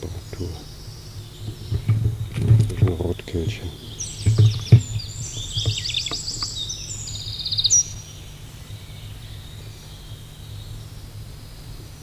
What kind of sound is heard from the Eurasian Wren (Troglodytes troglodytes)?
song